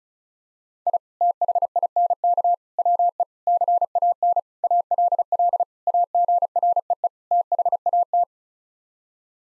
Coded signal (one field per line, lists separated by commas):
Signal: Morse code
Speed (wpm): 36 wpm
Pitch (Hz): 700 Hz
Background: none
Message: I THINK WE CAN ALL AGREE THAT